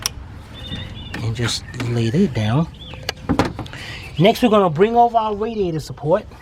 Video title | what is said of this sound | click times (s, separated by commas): Toyota Avalon Camry Venza AC Condenser Replacement | Click that into place. | 0.1 s